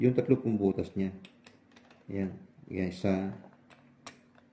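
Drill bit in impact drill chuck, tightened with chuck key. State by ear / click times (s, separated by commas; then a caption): seated / 4.1 s. Someone talks while tightening a drill bit in a corded impact drill's chuck with the chuck key, working through the chuck's three key holes. A single sharp click at 4.1 s marks the chuck tightened and the bit seated; one click is enough, so it is not overtightened.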